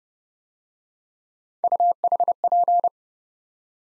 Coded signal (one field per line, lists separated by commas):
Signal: Morse code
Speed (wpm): 28 wpm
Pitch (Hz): 700 Hz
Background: none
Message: UHP